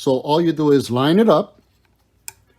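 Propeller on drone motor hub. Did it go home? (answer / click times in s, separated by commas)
yes / 2.3 s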